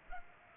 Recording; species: mosquito wingbeat signal from an infrared sensor; Culex pipiens